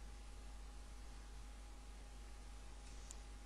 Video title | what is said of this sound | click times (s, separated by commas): Assembling PlayStation 3. TeknoConsolas.es | and it makes a click sand | 3.1 s